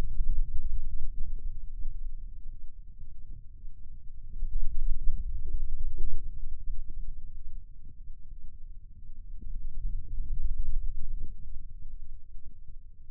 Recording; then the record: forearm muscle sounds (acoustic myography)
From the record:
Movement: finger pinch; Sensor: system 2, bracelet of six BSWA MPA416 microphones around the upper forearm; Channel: 2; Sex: male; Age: 22 years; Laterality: right